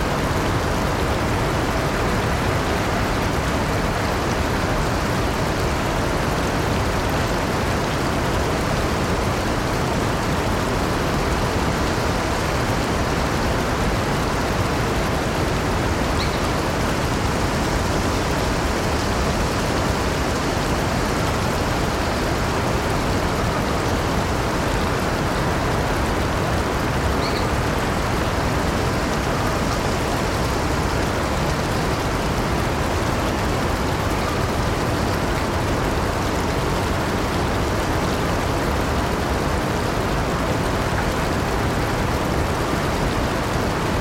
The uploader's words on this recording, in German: Tauchen Sie ein in die Ruhe eines abgelegenen Landgartens um Mitternacht. Ein ruhiger, ländlicher Bach fließt sanft durch, sein rhythmisches Plätschern webt ein hypnotisches Muster.